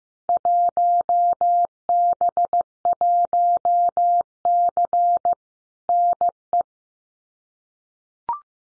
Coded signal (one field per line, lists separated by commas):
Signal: Morse code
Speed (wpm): 15 wpm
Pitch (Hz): 700 Hz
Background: none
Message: 1B1C NE